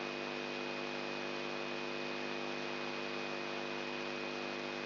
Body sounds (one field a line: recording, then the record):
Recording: brain microelectrode recording played as sound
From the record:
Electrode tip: outside the subthalamic nucleus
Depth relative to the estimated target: -6 mm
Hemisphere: right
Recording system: AlphaMap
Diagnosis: Parkinson's disease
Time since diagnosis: 11 years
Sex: male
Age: 67 years